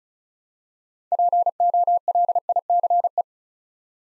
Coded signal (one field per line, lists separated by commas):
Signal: Morse code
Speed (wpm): 34 wpm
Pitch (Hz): 700 Hz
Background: none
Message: POLICE